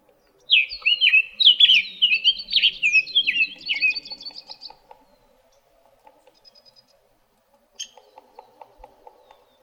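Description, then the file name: Summer tanager song of rich slurred whistled phrases tumbling quickly, then quiet, with a brief higher note and soft low background ticking later. Arizona, 13 April 2008. "SUTA 8 deviche"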